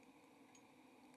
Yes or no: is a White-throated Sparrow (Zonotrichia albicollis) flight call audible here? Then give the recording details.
no. No flight call is heard. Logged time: 05:50 on 17 November 2014